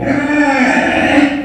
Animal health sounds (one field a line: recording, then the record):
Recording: squeal of a Yucatan mini pig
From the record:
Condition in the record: after surgery on the right vocal fold (resection and tissue-engineered implant)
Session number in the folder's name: 3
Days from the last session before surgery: 21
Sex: female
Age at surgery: 19 weeks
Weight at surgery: 25 kg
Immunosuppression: prednisolone